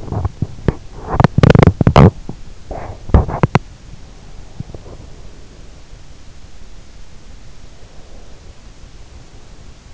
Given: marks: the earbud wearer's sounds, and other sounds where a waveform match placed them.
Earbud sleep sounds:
sounds in sleep by an in-ear microphone; teeth grinding, breath
0.44-3.73 s: teeth grinding
4.22-5.25 s: teeth grinding
7.42-9.94 s: breath

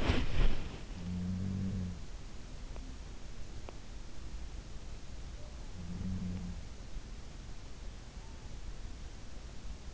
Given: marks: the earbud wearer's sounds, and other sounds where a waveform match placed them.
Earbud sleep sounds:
sounds in sleep by an in-ear microphone; body movement
0.00-0.92 s: body movement
1.12-2.19 s: sound from someone else or the room
5.45-6.58 s: sound from someone else or the room

